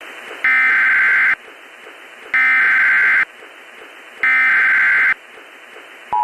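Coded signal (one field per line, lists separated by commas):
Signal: Emergency Alert System (SAME) tones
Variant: header bursts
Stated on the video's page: Valid EAS tones in a New Year's Eve scenario recreation, not a real alert.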